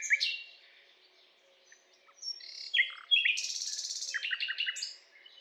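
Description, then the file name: Common nightingale song: varied whistled and chirped notes, then a fast buzzy run of repeated notes and a string of quick descending chirps, with a faint low steady hum beneath. "Luscinia megarhynchos"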